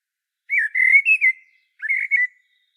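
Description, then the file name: Common blackbird with two fluty whistled phrases, the first long and warbling, the second shorter after a brief pause; nothing else audible. "Turdus merula"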